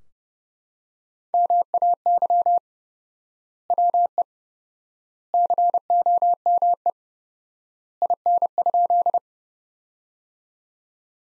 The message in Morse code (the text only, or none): MAY WE COME IN?